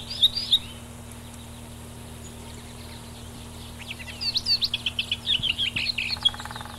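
Lesser whitethroat: songbird with a couple of sharp notes at the start, then after a pause a scratchy warble turning into a quick series of dry, repeated notes.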